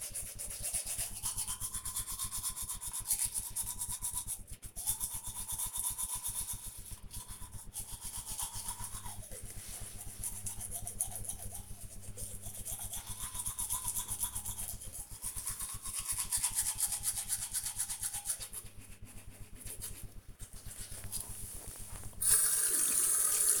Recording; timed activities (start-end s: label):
household activities, microphone on the right wrist
0.00-23.60 s: brushing teeth